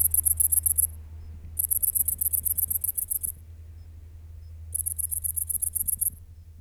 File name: Tettigonia viridissima